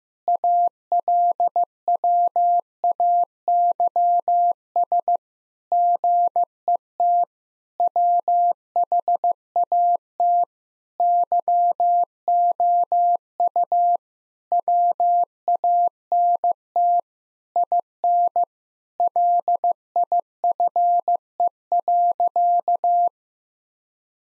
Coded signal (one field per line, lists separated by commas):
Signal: Morse code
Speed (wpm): 15 wpm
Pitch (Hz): 700 Hz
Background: none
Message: ALWAYS GET WHAT YOU WANT IN LIFE.